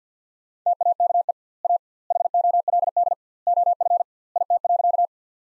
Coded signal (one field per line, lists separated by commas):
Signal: Morse code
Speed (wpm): 50 wpm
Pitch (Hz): 700 Hz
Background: none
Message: TAKE A HOLD OF IT.